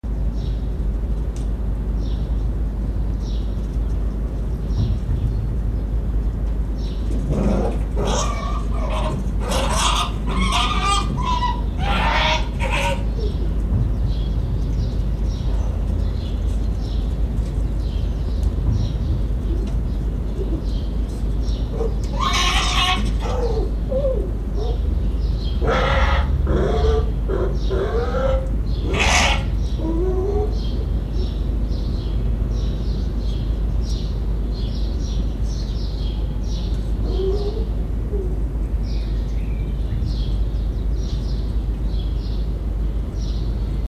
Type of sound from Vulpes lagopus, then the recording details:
defence call. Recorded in captivity. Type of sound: defence call. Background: Passer domesticus. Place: Zoologisches Institut der HUB, Berlin, DE. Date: 1957-04-06 12:00. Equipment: Elmetra. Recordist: Tembrock, Günter. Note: Fuchsanlage: "Nina": Abwehrgrunzknätschen gegen "Teddy" (sie liegt, er springt sie an)